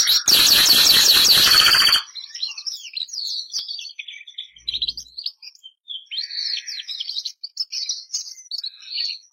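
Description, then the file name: Canary (Bernois): canary song: a loud, harsh rapid burst for two seconds, then softer high chirps, twitters and short warbled trills continuing to the end. Bernois breed of domestic canary, singing. "canto do canario bernois"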